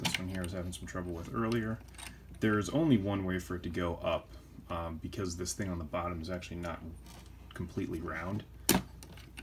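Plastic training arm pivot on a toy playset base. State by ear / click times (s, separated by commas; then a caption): seated / 8.7 s. A plastic training arm on a Star Wars Micro Machines TIE Fighter Pilot transforming playset is pulled up on its non-round pivot, which only lets it go up one way, while someone talks. The arm snaps sharply into its raised position at 8.7 s, followed by a couple of faint ticks.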